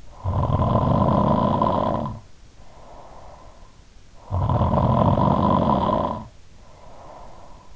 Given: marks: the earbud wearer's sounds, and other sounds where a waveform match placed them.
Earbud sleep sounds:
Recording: sounds in sleep by an in-ear microphone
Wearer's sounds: snoring breath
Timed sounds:
0.14-3.69 s: snoring breath
3.99-7.76 s: snoring breath

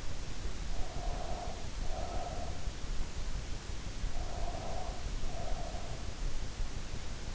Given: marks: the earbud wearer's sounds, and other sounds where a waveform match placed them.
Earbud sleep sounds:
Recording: sounds in sleep by an in-ear microphone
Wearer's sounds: breath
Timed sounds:
0.72-2.73 s: breath
4.14-6.09 s: breath

